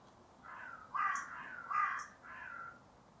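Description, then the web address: Bird making a run of four hoarse, nasal caws in quick succession, the middle two louder, against a faint steady hiss. "cianscape. Deverinetal 2025. Bird Only"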